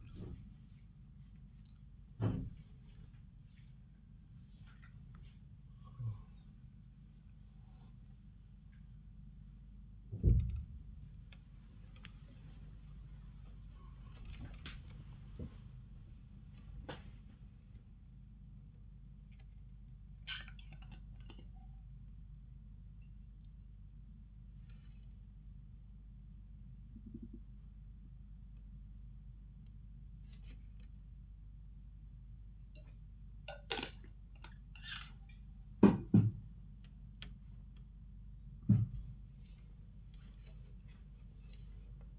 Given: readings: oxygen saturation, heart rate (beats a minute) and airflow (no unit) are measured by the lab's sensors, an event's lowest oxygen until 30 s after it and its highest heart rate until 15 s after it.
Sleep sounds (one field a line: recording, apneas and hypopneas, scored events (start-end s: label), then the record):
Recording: a person awake in a sleep study, by a smartphone at the bedside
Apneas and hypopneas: none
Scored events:
0.00-42.19 s: awake
From the record:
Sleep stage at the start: awake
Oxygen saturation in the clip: 95 to 97%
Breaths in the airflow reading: 12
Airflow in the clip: -8.0 to 8.8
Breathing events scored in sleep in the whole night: 270 in 6.1 hours asleep